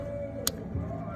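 A wiring harness electrical connector is pushed onto the newly installed engine oil pressure sensor of a Pontiac G8 GT. It latches with one sharp, bright click at 0.5 s over a steady low background hum. The connector is seated, and the click confirms it.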